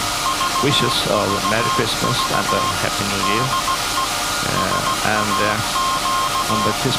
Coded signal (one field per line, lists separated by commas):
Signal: Morse code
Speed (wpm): 16 wpm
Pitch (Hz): 1060 Hz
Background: speech, music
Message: VVV DE SAQ